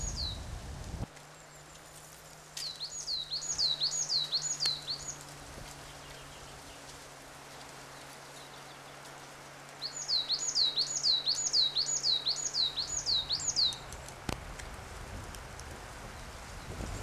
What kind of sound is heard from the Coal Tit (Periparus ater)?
song